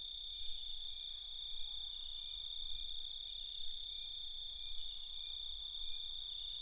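Cicadas droning in a steady, continuous high-pitched buzz that never breaks, layered with a constant whine, over low rumbling background noise.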